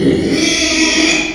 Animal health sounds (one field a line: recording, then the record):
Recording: squeal of a Yucatan mini pig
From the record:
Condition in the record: after surgery on the right vocal fold (resection and tissue-engineered implant)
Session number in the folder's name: 2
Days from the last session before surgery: 13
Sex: male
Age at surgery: 12 weeks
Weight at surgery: 13 kg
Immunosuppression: cyclosporine, prednisolone